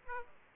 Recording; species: mosquito wingbeat signal from an infrared sensor; Aedes aegypti